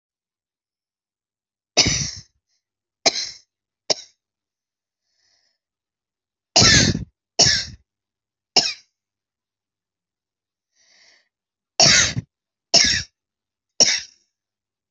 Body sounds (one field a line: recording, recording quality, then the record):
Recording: heavy voluntary cough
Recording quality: excellent, no background noise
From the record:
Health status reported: healthy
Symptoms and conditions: none ticked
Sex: female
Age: 27 years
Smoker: not ticked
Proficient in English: yes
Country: India